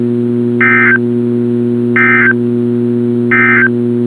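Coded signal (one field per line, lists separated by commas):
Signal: Emergency Alert System (SAME) tones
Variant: end-of-message bursts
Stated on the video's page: Required weekly test on a NOAA Weather Radio station.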